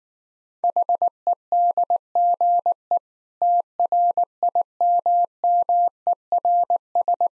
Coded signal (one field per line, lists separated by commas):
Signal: Morse code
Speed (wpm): 19 wpm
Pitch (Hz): 700 Hz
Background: none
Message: HEDGE TRIMMERS